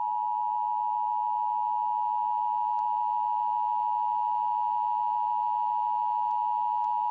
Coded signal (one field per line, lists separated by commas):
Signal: Emergency Alert System (SAME) tones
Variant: 853 and 960 Hz attention tone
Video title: EAS: Local Area Emergency for Charleston, WV